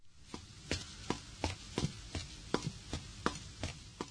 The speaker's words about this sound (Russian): Ну, на слух ощущение, будто кто-то быстро шагает. Верно. Правильный ответ. Ста-ста. Ста-ста. Это слово обозначает быструю ходьбу.